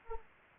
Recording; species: mosquito wingbeat signal from an infrared sensor; Anopheles arabiensis